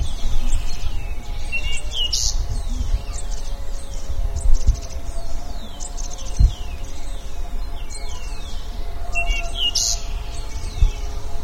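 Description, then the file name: Bird calls, dense mix of high chirps and falling whistled notes from multiple birds, with a constant low hum in the background. "SABIOD 50 bird 2015"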